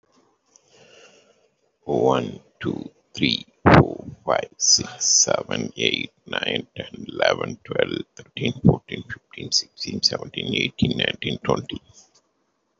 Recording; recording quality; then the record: counting at a normal pace; excellent, no background noise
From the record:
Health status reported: healthy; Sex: male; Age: 52 years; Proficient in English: yes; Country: India